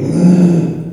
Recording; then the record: squeal of a Yucatan mini pig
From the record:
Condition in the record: before surgery on the right vocal fold (resection and tissue-engineered implant); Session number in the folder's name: 2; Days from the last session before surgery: 0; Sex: male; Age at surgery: 12 weeks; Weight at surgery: 13 kg